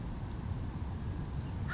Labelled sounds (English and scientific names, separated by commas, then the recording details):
American Crow (Corvus brachyrhynchos)
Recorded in Sonoma County, California